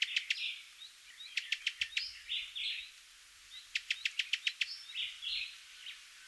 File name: Cuban tody